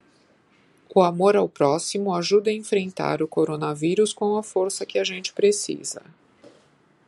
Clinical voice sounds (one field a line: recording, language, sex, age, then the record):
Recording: spoken sentence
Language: Brazilian Portuguese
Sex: female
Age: 50 to 59 years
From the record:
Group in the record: control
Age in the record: 56 years